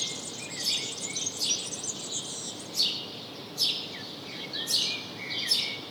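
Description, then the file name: House sparrow calls: a series of sharp chirps spaced irregularly over a constant hiss. "Passer domesticus"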